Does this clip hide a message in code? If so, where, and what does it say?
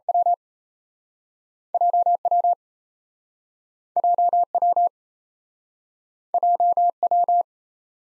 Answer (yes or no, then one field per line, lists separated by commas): yes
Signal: Morse code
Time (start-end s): 0.1-7.4 s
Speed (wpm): 38 wpm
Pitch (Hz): 700 Hz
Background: none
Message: WJ WJ WJ W